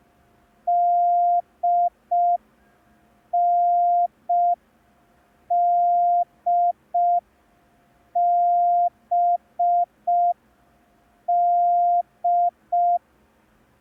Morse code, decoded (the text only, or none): DNDBD